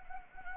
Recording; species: mosquito wingbeat signal from an infrared sensor; Anopheles gambiae